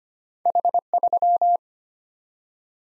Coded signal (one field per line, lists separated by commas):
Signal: Morse code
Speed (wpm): 25 wpm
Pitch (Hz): 700 Hz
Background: none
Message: H3